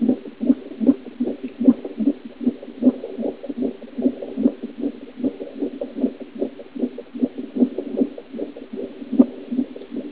Heartbeat.